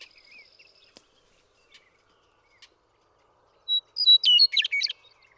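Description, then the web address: Western meadowlark: after quiet, scattered chirps, a Western meadowlark sings one clear whistle and then a fast, gurgling, flute-like cascade lasting about a second. "birdsongforthecurious Western Meadowlark"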